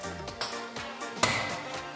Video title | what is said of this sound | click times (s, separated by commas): Installing My Built Motor into My STi!! | so want to take this uh this is your clutch fork and you want to push it in till it clicks | 1.2 s